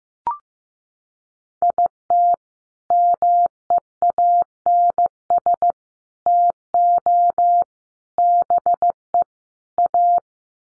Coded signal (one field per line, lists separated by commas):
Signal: Morse code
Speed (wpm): 15 wpm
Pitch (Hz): 700 Hz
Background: none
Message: IT MEANS TO BE A